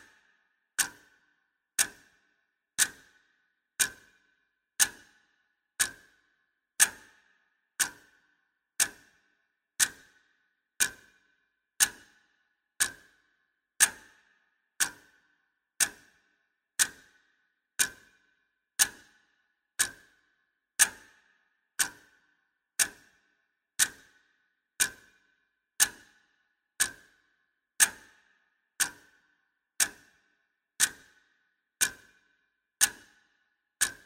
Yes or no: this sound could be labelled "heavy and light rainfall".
no